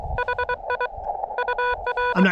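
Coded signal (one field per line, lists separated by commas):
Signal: Morse code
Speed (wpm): 23 wpm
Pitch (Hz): 980 Hz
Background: speech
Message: HI UR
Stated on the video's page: CW Parks On The Air activation using an Elecraft KX2 with AX1 antenna on a tripod.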